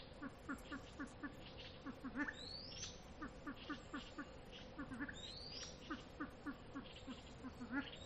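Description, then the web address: Silver pheasant: many low clucking notes in quick groups, with a few high rising squeals. "audio lophura-nycthemera-sound"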